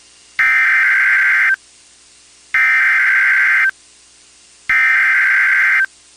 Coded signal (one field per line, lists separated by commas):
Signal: Emergency Alert System (SAME) tones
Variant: header bursts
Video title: Every EAS alerts I've caught from January 2026 EAS #53-#58